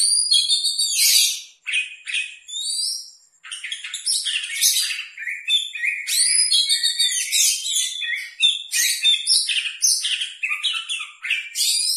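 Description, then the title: Oriental magpie-robin delivering a rich, continuous song of quick high twitters, slurred whistles and rattling notes, with a couple of short gaps. "Kacer"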